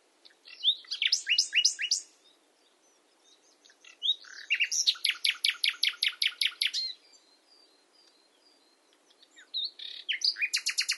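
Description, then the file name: Common nightingale singing three loud, fast rattling trills with quiet gaps between them, each mixed with sharp chirps. "Luscinia megarhynchos"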